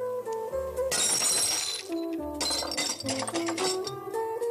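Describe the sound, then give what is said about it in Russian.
Shards of a broken glass bottle clink and jingle in two bright, scattered bursts, with sustained musical tones running underneath throughout. “Достает из-за пазухи пустую бутылку. Достает из кармана початую чекушку. Окропляет из нее осколки.”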